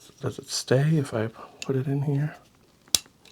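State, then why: Seated. Someone talks while a 3D-printed rotating part is pressed into its mating hole in a toy boat hull. One sharp plastic snap sounds at 3.0 s. The part is seated and still turns.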